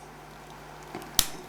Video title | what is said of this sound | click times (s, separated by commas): 1/60 PG Unicorn Banshee Norn - Part 2 - Gunpla TV Special | click you should hear click slide it forward it says I got to slide it Forward | 1.2 s